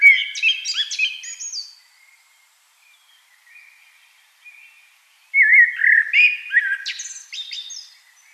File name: Turdus merula